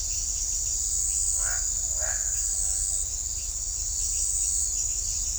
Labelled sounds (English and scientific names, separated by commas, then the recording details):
none
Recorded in shrubland near Pivijay, Magdalena, Colombia, on 2 June 2023 at 03:30
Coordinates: 10.453, -74.365
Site P5-G022